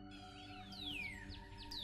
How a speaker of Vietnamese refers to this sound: Trời sáng, những con chim đang hót líu lo trên những cành cây, người đi chợ, người đi bán.